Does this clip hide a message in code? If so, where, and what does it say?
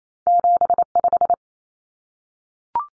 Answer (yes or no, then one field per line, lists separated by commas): yes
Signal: Morse code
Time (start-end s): 0.3-1.3 s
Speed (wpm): 28 wpm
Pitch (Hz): 700 Hz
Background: none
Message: 75